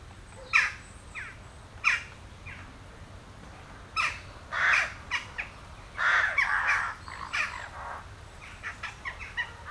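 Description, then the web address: Western jackdaws calling with sharp, clipped 'tchak' notes, spaced at first, then a denser burst of overlapping calls midway before trailing into quicker, scattered notes. "Effects 02-Birds, Insects Animals. Birds Crown Jackdaws"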